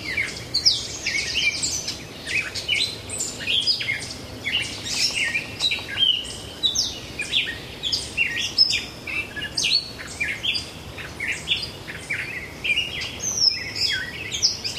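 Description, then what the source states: Gray catbird giving a continuous rambling song of squeaks, mews and chattered notes, phrases changing constantly, with faint background hiss. Recorded 5-27-10.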